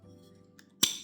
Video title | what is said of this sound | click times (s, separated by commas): Starseeker Super 58 - Unboxing and First Impression | This has a ridge, so it can make this click sound like the original basket comes with the machine. | 0.8 s